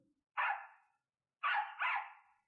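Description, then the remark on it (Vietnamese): A dog, Đại Hoàng, barks three times: one sharp bark, a pause, then two quick barks close together. The barks are loud and mid-pitched, with no talking in the background. “Cứ kêu như vậy nữa, có tin ta bỏ đói ngươi ba ngày ba đêm không hả?”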